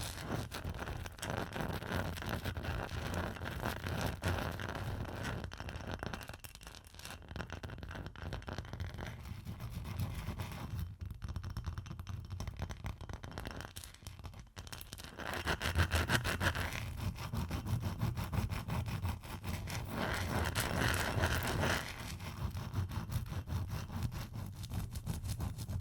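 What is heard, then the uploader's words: Ice is scratched and tapped in a dense, rough, nearly unbroken stream of quick gritty strokes over a low rumble. The scraping thins out briefly around seven seconds and again between eleven and fourteen seconds, then returns louder and busier for the rest. ASMR Ice Tapping & Scratching (No Talking).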